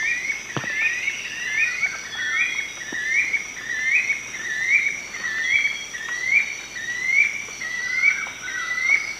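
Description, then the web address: Spotted puffbird duet, loud rising whistled notes in a steady series with a second bird's overlapping notes, backed by constant high insect noise. Duet; eastern lowlands of South America. "Natures Songs S America Eastern Lowlands Bucco tamatia, duet"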